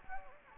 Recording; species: mosquito wingbeat signal from an infrared sensor; Anopheles gambiae